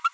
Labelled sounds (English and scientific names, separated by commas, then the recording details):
Green-rumped Parrotlet (Forpus passerinus) babbling
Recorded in a nest box in Venezuela
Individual 18B25A3